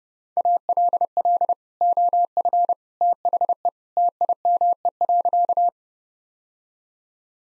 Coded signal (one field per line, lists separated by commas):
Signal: Morse code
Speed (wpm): 30 wpm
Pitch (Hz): 700 Hz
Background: none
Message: ALL OF THE TIME.